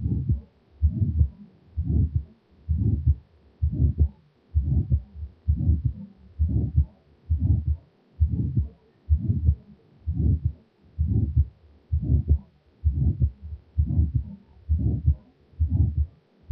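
Regular heartbeat at about 65 beats a minute, each beat drawn out by a low, rough murmur that fills much of the cycle, heard at the second auscultation point over the aortic area. The pattern is combined aortic valve disease: a harsh systolic murmur of stenosis running into a soft diastolic murmur of regurgitation.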